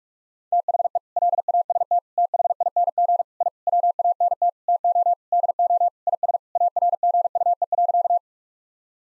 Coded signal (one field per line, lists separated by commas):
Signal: Morse code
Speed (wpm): 41 wpm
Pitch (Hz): 700 Hz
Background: none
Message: THE LAST THING I WANT TO DO IS ARGUE.